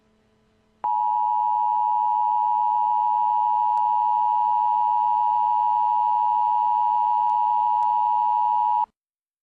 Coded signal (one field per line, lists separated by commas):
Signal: Emergency Alert System (SAME) tones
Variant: 853 and 960 Hz attention tone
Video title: Robbie Rotten Is Afraid Of The Emergency Alert System